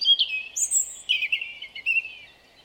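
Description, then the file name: European robin singing a sweet, high warbled phrase with a thin, very high whistle near the start. "Erithacus rubecula"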